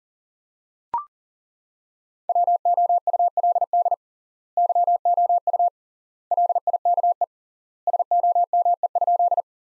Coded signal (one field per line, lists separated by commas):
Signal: Morse code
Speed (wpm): 40 wpm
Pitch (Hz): 700 Hz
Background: none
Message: WOULD YOU LIKE SOME?